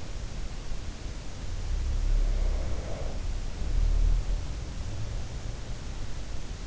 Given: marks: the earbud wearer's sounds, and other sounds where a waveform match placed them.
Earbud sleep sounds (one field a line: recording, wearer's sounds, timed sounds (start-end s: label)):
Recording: sounds in sleep by an in-ear microphone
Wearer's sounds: breath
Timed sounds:
2.09-4.94 s: breath